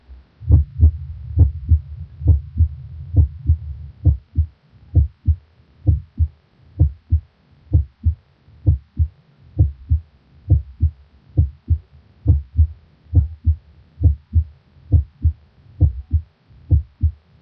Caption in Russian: Слева от грудины, громкость обоих тонов сердца примерно одинакова. В этой. Точке оценивается состояние аортального клапана.